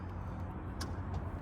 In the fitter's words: and that clicking noise is it unlocking and allowing you to undo it.